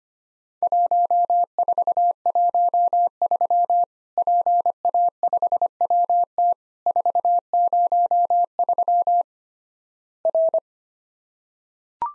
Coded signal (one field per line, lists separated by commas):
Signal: Morse code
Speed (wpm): 25 wpm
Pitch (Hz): 700 Hz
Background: none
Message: 1413 PA5WT 403 R